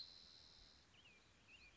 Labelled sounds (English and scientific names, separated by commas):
Spotted Towhee (Pipilo maculatus)